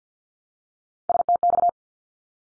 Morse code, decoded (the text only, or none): STX